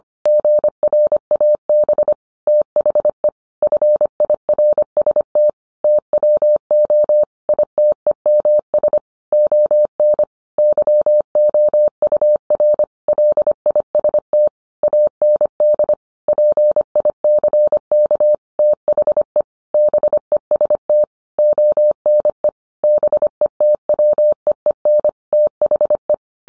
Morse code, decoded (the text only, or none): GRAB THE FIRST TWO ITEMS ON YOUR LIST AND PICK THE BEST ONE BETWEEN THE